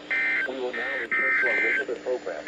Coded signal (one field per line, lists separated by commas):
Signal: Emergency Alert System (SAME) tones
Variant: end-of-message bursts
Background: speech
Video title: EAS #2112-2115 LOT RWT